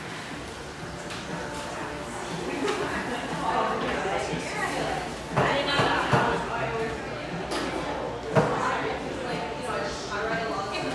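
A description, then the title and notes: A steady murmur of many overlapping voices fills the scene in Portland's Pearl District, with no single speaker standing out for long. The chatter thickens after a few seconds, and brief louder bursts, sharp clatters or exclamations, break through near six and eight seconds. Pearl District, Portland, Oregon.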